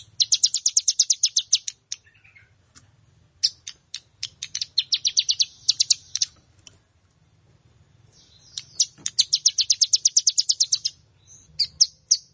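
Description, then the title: Plain prinia song: several long runs of rapid, high, buzzy repeated notes separated by short pauses, with a faint low hum in the background. "Ciblek Sawah"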